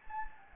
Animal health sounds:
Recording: mosquito wingbeat signal from an infrared sensor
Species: Anopheles gambiae

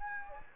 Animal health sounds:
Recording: mosquito wingbeat signal from an infrared sensor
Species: Anopheles gambiae

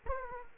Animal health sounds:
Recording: mosquito wingbeat signal from an infrared sensor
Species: Aedes aegypti

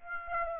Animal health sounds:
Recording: mosquito wingbeat signal from an infrared sensor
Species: Aedes aegypti

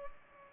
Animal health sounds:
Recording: mosquito wingbeat signal from an infrared sensor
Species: Culex pipiens

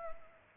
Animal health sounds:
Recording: mosquito wingbeat signal from an infrared sensor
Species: Culex pipiens

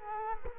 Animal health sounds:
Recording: mosquito wingbeat signal from an infrared sensor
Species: Culex quinquefasciatus

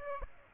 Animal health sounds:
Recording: mosquito wingbeat signal from an infrared sensor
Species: Aedes aegypti

